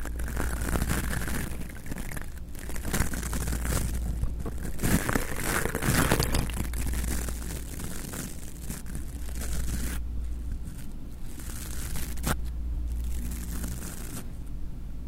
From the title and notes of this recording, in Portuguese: Arrepiando sua nuca passando coisas no mic ASMR.